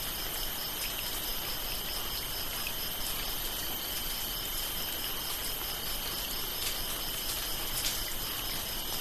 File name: lukas tvrdon rain light drips on leaves concrete crickets frogs rice field bali indonesia